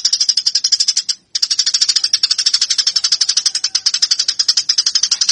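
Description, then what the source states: Eurasian tree sparrow pouring out a quick, steady string of scratchy chirps, with one short break. Fighting calls prepared as a bird-training recording.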